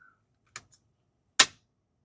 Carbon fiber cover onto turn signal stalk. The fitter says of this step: You heard the kind of satisfying click.